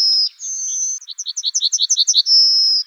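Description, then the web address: Yellowhammer calling: two thin, high sustained notes, then a quick run of paired chirps, closing with another long, high, even note. "Emberiza citrinella"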